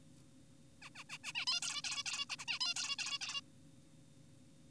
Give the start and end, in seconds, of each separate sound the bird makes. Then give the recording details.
0.82-0.90, 0.96-1.04, 1.10-1.18, 1.24-1.33, 1.35-1.46, 1.47-1.60, 1.62-1.82, 1.84-2.04, 2.06-2.26, 2.30-2.36, 2.39-2.45, 2.48-2.59, 2.61-2.74, 2.76-2.96, 2.99-3.18, 3.21-3.41. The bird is an adult. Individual g4p5U